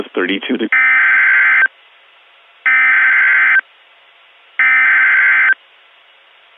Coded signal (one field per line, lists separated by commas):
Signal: Emergency Alert System (SAME) tones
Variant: header bursts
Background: speech